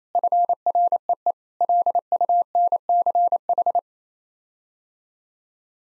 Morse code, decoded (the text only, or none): FREE LUNCH